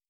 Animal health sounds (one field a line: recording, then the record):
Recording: hydrophone in a shrimp aquaculture tank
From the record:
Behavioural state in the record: starved